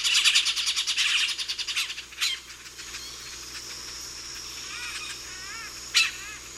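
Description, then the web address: Yellow-tufted woodpecker giving a fast rattling chatter for about two seconds, then a few fainter calls and one sharp note near the end. Recorded in the eastern lowlands of South America. "ENTER Music and Audio. Nature Songs S America Eastern Lowlands. Yellow-tufted Woodpecker"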